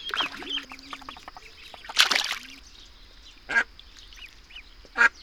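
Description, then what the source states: Duck and ducklings calling, with scattered high thin peeps and a few harsher quacks at irregular intervals, over a steady high background hiss. Mother duck with her ducklings.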